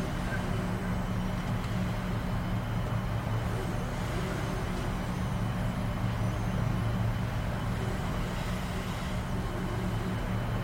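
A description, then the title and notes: Inside a shuttle cabin, a steady engine drone and road rumble fill the space, heavy in the low end with a constant hum underneath. The level barely shifts over the whole stretch, and faint, indistinct voices seem to murmur in the background. Space Drift | Deep Sleep Shuttle Cabin Ambience.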